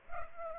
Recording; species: mosquito wingbeat signal from an infrared sensor; Culex pipiens